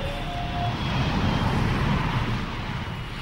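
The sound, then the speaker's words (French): Steady, loud airplane engine roar as a plane takes off from the tarmac, with a deep low-end rumble and broad hiss, holding constant throughout, a faint thin whine near the start; no voices. “Je regardais par le hublot pour tenter d'apercevoir l'océan dès que notre avion quitta le tarmac.”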